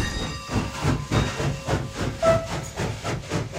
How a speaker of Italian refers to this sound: Il treno intanto è partito